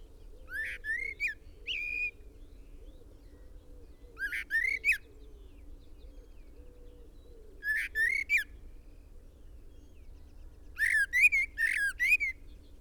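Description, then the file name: Common blackbird singing in four spaced bursts of sliding, whistled notes, over a steady low hum. "Turdus merula"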